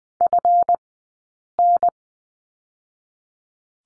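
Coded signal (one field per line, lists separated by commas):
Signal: Morse code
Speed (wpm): 20 wpm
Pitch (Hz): 700 Hz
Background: none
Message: FN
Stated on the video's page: Morse code course lesson on letter P, Farnsworth speed 20/10 wpm.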